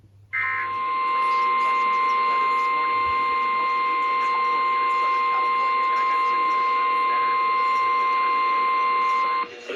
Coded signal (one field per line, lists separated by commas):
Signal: Emergency Alert System (SAME) tones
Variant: 1050 Hz attention tone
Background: speech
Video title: 2022 Tsunami Communications Drill & Weekly Tests (EAS #1043-#1055)